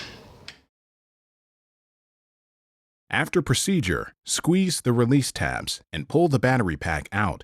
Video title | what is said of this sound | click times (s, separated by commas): iReachMagnum Video In service | insert an audible click can be heard and the battery light will light up | 0.5 s